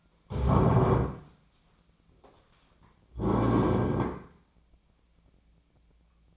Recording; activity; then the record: daily activity, microphone in the room; stand up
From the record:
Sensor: 1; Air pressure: 1009.2 hPa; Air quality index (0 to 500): 177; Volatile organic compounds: 3 ppm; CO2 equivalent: 1493 ppm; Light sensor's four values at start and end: 41/110/46/54 and 39/103/43/51